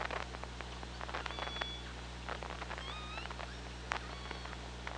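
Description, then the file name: Killer whale calls, a steady high whistle then rising, bending tonal calls, over dense clicking and a constant low hum. Hydrophone at OrcaLab, 24 August 2017, 15:49. "Orca Lab UTLN JASON 20170824 154929"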